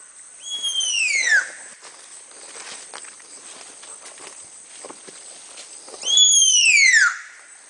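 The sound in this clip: Baird's tapir whistles: two long, shrill, harmonic squeals, each sliding steeply downward, about five seconds apart, with faint rustling and soft background hiss between.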